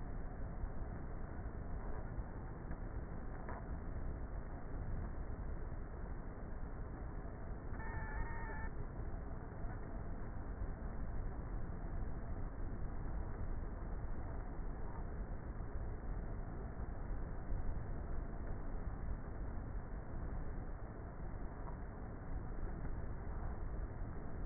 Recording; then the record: honeybee colony, microphone inside the hive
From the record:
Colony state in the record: queenless with a low population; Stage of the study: before two queens were removed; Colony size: about 30,000 bees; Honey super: no